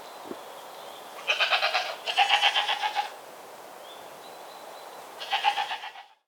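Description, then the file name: Goat giving three trembling bleats, the first two almost back to back and a third after a short pause, over faint background noise. Goats walking. "Mamífers Cabres-passejant"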